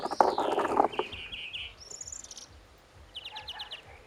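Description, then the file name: European greenfinch opening with a descending wheezy note, then a level buzzy trill and later a short rattled series, with a burst of lower noise at the start. "Chloris chloris"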